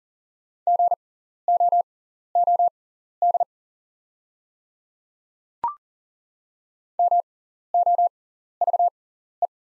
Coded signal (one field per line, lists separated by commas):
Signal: Morse code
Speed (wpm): 40 wpm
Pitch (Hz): 700 Hz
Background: none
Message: GOOD MOVE